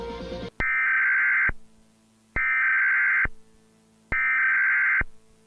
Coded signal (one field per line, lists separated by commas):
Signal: Emergency Alert System (SAME) tones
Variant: header bursts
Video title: Another EAS Video lol ("fake!"🤓)